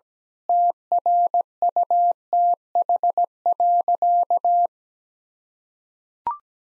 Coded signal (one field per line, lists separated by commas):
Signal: Morse code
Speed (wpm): 17 wpm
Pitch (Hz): 700 Hz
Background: none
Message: TRUTH.